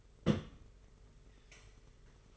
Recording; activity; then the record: daily activity, microphone in the room; place on stove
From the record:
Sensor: 4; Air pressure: 991.8 hPa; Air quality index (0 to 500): 86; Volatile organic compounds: 7 ppm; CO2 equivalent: 1970 ppm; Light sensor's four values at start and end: 22/75/27/29 and 21/75/27/29